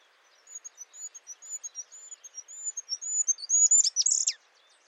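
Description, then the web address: Bird song: a rapid run of many high, thin whistled notes growing louder, ending in a louder buzzy flourish. "Bird Only"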